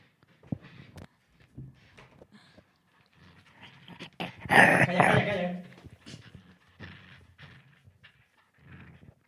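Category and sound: animal, dog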